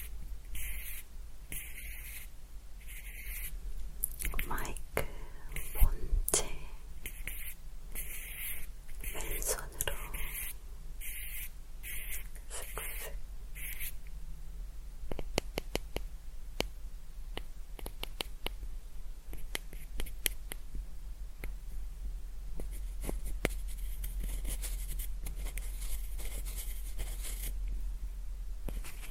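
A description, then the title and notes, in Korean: Mouth sounds rubbed against a clip-on mic, rhythmic wet bursts for fourteen seconds, then dense crackly clicks over a low steady hum. 입소리폭탄 핀마이크 괴롭히기 | 테이프, 솜털, 단어반복 등.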